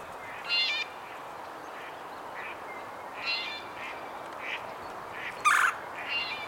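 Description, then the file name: Red-bellied woodpecker calls, short harmonic rolling notes spaced a few seconds apart, with one sharp louder burst near the end over steady background hiss. "Melanerpes carolinus - Red-bellied Woodpecker"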